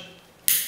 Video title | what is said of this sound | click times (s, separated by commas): How to Install Downlights With No Access Above - It is Possible! | and you hear it click now we've got the cable that goes off to our first down light and | 0.5 s